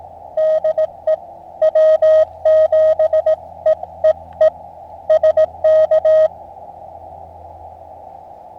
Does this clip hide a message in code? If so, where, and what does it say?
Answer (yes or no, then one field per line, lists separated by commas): yes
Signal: Morse code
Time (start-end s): 0.4-6.3 s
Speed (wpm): 18 wpm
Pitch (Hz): 630 Hz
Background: none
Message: DE W7EEE SK